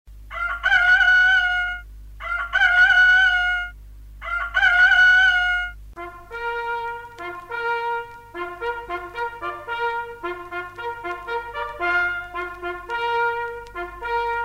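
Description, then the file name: Rooster crowing three times in a row, long drawn-out crows, then a bright melodic tune of stepped notes takes over. Rooster heard at a summer camp wake-up. "Letnij Lager Petuh i podem"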